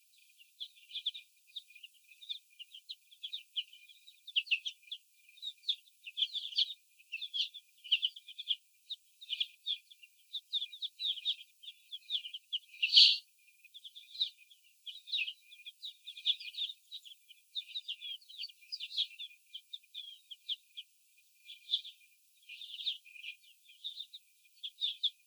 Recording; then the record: young laying hens in a cage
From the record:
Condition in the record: before the stressor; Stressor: sudden umbrella opening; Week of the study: 2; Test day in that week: 1